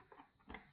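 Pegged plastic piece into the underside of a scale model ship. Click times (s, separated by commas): 0.1 s, 0.6 s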